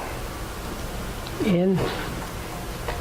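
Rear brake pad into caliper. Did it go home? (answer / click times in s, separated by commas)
yes / 2.9 s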